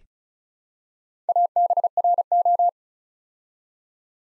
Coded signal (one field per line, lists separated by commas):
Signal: Morse code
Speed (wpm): 34 wpm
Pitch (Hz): 700 Hz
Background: none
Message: ABRO